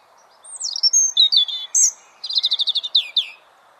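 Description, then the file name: European robin phrase opening with tinkling, wavering whistles and ending in a rapid run of repeated high notes, followed by a short descending flourish. "Erithacus rubecula"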